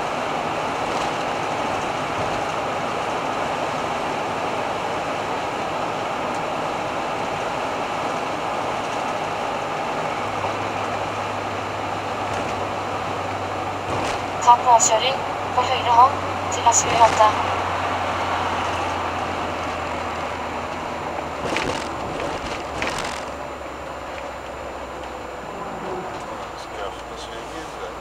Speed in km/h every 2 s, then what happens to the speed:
94, 89, 92, 93, 95, 91, 87, 85, 83, 77, 69, 61, 56, 51.
0-9 steady at about 93. 9-28 slows to 51.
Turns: none.